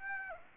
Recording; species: mosquito wingbeat signal from an infrared sensor; Aedes aegypti